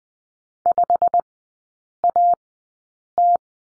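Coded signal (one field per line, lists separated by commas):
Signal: Morse code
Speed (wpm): 20 wpm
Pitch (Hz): 700 Hz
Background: none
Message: 5AT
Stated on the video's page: Morse course lesson drill on the number 3, sent at Farnsworth speed 20/10 wpm.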